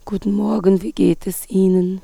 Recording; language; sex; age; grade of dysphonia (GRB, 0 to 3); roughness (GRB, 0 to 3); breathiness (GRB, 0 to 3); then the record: spoken sentence; German; female; 40 to 49 years; 2; 0; 2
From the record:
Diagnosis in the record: hyperfunctional dysphonia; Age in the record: 47 years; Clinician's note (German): Zustand nach Ödemabtragung, organisch funktionell